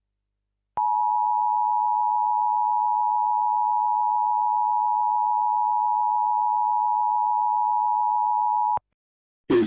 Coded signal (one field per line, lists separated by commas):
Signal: Emergency Alert System (SAME) tones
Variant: 853 and 960 Hz attention tone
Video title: EAS Scenario: The EPA Dome (MY LAST VIDEO IN JULY)